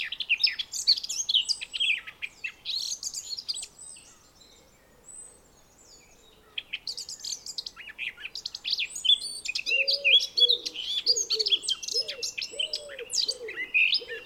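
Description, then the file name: Eurasian blackcap song: busy bouts of scratchy, twittering high notes, a brief lull, then more warbling. "Sylvia atricapilla"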